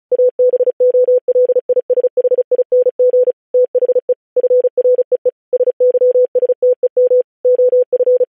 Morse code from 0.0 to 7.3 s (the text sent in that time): ABOLISHING THE FREE SYSTEM